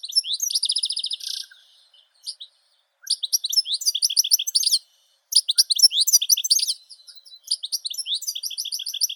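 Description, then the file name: European goldfinch singing in short bursts of rapid twittering, with a buzzy trill at the start and brief gaps between phrases. "Golosa ptic - CSHegol Carduelis carduelis"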